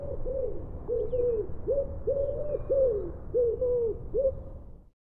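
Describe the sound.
Common wood pigeon cooing, a steady rhythmic run of low, hollow notes lasting about five seconds.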